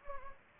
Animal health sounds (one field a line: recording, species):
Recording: mosquito wingbeat signal from an infrared sensor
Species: Anopheles gambiae